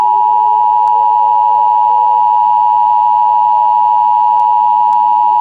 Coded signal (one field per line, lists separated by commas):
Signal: Emergency Alert System (SAME) tones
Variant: 853 and 960 Hz attention tone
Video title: EAS Scenario West Eruption of 2028